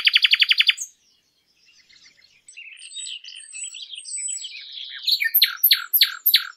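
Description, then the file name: Common nightingale song: a burst of rapid loud repeated notes, a pause, then varied thin whistles and chatter, ending in a fast series of strong repeated phrases. "Nachtigall"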